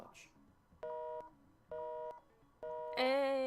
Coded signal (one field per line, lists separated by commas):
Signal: telephone call progress tone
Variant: North America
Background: speech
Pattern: busy tone